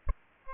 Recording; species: mosquito wingbeat signal from an infrared sensor; Aedes albopictus